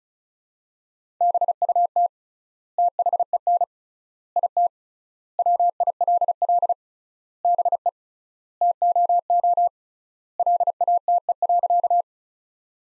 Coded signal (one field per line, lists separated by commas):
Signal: Morse code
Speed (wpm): 34 wpm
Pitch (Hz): 700 Hz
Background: none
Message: BUT THEN IT WILL BE TOO LATE.